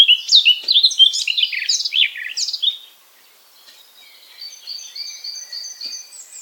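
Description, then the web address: Eurasian blackcap singing a brisk, varied warble for about three seconds, followed by a brief hush and a quieter run of thin, trilled notes. "SETE data Sylvia atricapilla"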